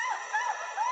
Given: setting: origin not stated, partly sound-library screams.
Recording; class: one-second piece from a danger detection set; woman in danger